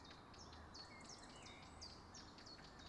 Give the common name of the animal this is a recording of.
Eurasian Blackcap